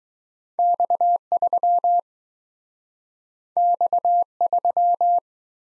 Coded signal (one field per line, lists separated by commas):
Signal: Morse code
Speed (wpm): 23 wpm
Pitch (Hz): 700 Hz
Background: none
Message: X3 X3